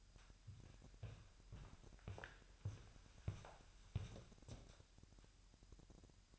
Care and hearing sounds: daily activity, microphone in the room; walk to room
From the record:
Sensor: 2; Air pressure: 1001.8 hPa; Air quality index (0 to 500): 248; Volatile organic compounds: 37 ppm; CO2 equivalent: 3090 ppm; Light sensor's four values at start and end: 5/12/5/5 and 4/9/4/4

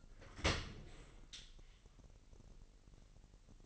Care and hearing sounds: daily activity, microphone in the room; open dishwasher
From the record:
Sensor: 4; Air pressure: 1001.4 hPa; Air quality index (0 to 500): 249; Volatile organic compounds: 43 ppm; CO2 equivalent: 3198 ppm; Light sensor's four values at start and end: 8/18/7/6 and 8/17/6/6

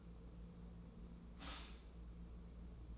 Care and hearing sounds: daily activity, microphone in the room; stop toaster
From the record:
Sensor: 1

